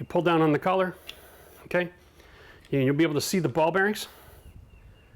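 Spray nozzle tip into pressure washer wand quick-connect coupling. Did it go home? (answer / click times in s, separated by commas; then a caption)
no / none. A 40-degree spray nozzle tip is being fitted into the quick-connect coupling on a pressure washer wand, with the spring collar pulled back to expose the ball bearings. Someone talks throughout over faint background noise. The tip has not snapped in yet, and nothing has seated by the end of the clip.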